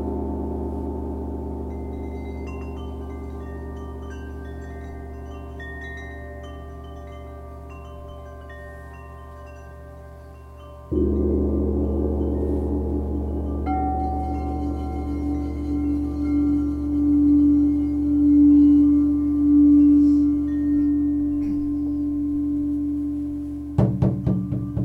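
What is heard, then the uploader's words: Crystal bowls ring in long, steady overlapping tones, a new low bowl swelling in at about eleven seconds, with soft clattering near the end. LIVE CRYSTAL BOWL CONCERT. Full set single track recorded live at one of my crystal singing bowl concerts.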